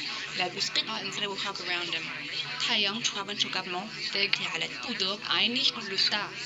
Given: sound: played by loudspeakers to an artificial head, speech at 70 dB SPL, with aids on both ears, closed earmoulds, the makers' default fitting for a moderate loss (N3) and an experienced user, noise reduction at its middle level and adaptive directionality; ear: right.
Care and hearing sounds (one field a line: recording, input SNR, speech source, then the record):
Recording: speech test signal (ISTS) in cocktail-party noise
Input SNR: +3 dB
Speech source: on the right (90 degrees)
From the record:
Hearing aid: class 1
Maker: A